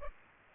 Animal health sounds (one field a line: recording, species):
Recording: mosquito wingbeat signal from an infrared sensor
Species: Aedes aegypti